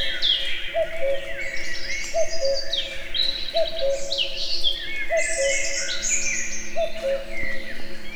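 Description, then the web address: Common cuckoo repeating a steady two-note cuck-oo five times, with other birds chirping and trilling above it. Natural outdoor recording near a tourist house at Eger, with the cuckoo heard both far and near. "allathangok termeszetben kakukk tavolieskozeli egerturistahaz"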